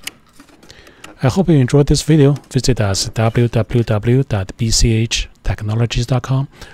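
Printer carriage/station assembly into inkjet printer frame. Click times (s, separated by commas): 0.1 s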